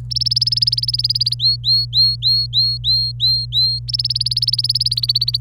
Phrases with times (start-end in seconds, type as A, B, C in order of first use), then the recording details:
0.10-1.34 A, 1.39-3.79 B, 3.88-5.37 A. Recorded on 26 April 2018 at 08:33. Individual llb3